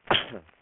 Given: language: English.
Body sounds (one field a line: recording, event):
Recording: throat vibration sensor signal played as sound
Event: cough